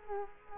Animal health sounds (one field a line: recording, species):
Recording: mosquito wingbeat signal from an infrared sensor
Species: Culex quinquefasciatus